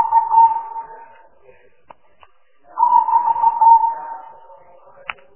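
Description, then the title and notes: Spotted dove cooing: two rough, throaty phrases about three seconds apart, each a burry coo holding steady pitch for over a second, with faint ticks between. Compilation of spotted dove calls used as a lure for trapping birds. "Pikat Burung Tekukur Paling Ampuh. Kumpulan suara burung tekukur paling ampuh"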